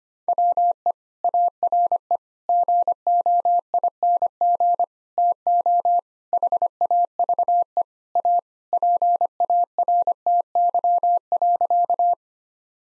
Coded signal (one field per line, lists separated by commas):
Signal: Morse code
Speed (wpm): 25 wpm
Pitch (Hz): 700 Hz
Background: none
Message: WE ARE GOING TO HAVE A PARTY.